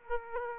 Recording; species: mosquito wingbeat signal from an infrared sensor; Aedes aegypti